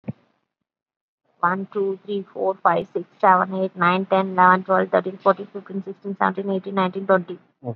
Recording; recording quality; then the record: counting at a fast pace; excellent, no background noise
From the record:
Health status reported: COVID-19 positive, moderate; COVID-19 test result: positive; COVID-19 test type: RT-PCR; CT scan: taken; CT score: 8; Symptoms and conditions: cough, cold, breathing difficulty, fever, fatigue, loss of smell and taste, another condition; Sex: female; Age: 43 years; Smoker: no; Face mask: worn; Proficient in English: no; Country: India